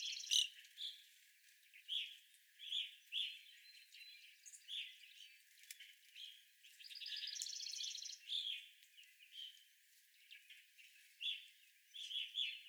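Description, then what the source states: Evening grosbeak calls, quiet repeated chirps with a rapid rattling trill in the middle. Several evening grosbeaks recorded on 25 April 2021.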